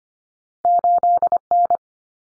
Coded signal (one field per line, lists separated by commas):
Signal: Morse code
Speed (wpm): 25 wpm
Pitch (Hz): 700 Hz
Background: none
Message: 8N